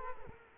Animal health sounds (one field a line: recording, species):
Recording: mosquito wingbeat signal from an infrared sensor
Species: Culex quinquefasciatus